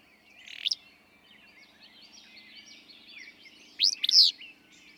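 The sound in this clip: Willow flycatcher song: a faint opening phrase, then a strong, sneezy, two-part burst later on, with other birds twittering softly behind.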